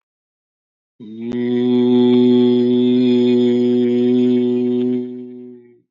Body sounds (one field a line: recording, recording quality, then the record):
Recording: sustained vowel as in beet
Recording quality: excellent, no background noise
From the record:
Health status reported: recovered from COVID-19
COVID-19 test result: positive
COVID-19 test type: RT-PCR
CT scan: not taken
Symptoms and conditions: cough, another respiratory illness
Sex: male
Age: 53 years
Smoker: no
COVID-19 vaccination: both doses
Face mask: not worn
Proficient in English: yes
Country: India